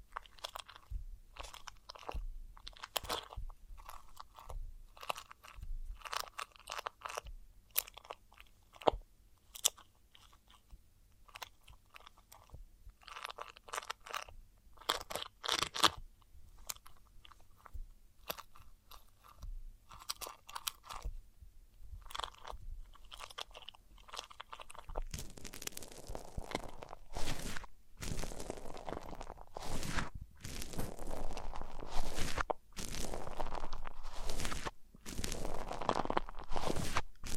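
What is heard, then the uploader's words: ASMR triggers made of dense crinkling, crunching and tapping sounds, close together and irregular. The first twenty-five seconds hold quicker, lighter clicks and rustles. After about 25 seconds the sounds turn fuller and louder, with broad, scratchy bursts and crunchy strokes. ASMR 100+ Hypnotizing Triggers.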